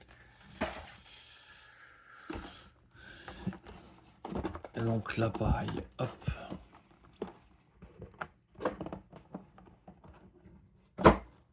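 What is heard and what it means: A small plastic board-game module piece is pressed by hand toward its mating part while a board game is unboxed, with light plastic taps and handling knocks between stretches of someone talking, and a louder thunk near the end. Nothing has seated or clicked yet; the clip ends just before the piece goes home.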